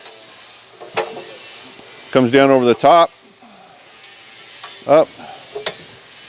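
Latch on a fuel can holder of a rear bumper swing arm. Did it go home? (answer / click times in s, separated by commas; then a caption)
yes / 5.7 s. Someone talks while the metal latch on a Metal-tech 4x4 fuel can holder, mounted on a rear bumper swing arm, is brought down over the top and pushed up until it catches, with a sharp metallic hit at 5.7 s over a steady hiss. The latch seats and locks in place.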